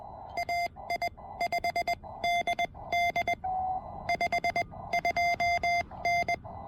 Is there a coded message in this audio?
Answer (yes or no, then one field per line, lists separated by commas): yes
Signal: Morse code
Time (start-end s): 0.4-6.3 s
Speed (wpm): 20 wpm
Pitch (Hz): 2100 Hz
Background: none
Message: AI5DD 52N